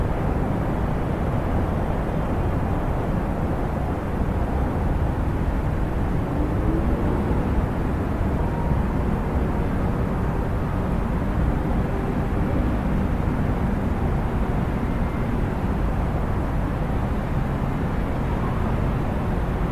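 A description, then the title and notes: A bustling city heard from high above: a dense, steady wash of distant traffic that never lets up. The roar sits low and muffled, with no single sound standing out, and faint tonal hums drift through around the middle. In this episode, we transport you to the vibrant city of Tokyo, Japan, where you can immerse yourself in the sounds of the bustling metropolis from high above. Listen to the gentle hum of city traffic. With only natural soundscapes and no dialogue or voice.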